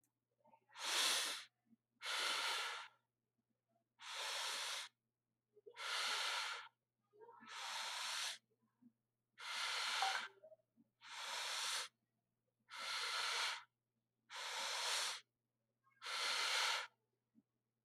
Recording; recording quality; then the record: deep breathing; excellent, no background noise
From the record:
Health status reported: COVID-19 positive, no symptoms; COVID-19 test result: positive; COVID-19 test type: RT-PCR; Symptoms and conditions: cold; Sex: male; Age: 40 years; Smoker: no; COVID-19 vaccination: both doses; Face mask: not worn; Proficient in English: yes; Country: India